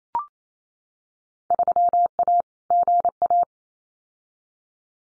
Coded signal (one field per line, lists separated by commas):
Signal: Morse code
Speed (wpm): 28 wpm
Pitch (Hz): 700 Hz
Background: none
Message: 3A GA